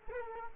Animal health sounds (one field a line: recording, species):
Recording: mosquito wingbeat signal from an infrared sensor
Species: Culex pipiens